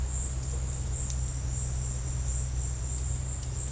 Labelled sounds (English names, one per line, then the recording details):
none
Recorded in secondary vegetation near Puerto Asís, Putumayo, Colombia, on 19 March 2025 at 14:00
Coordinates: 0.485, -76.322
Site G040